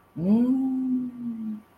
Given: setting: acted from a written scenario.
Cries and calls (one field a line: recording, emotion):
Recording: vocal sound without words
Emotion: romantic love